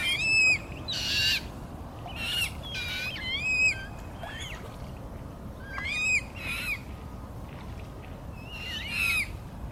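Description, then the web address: Eurasian coot young giving sharp, high squeaky notes in irregular clusters, with short quiet spells between and faint low background noise. Young birds. "linnut nokikana nuoret"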